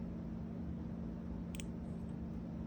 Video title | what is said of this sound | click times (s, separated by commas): FCS CZ P10 +3 | You could hear that click of it dropping into the thread. | 1.6 s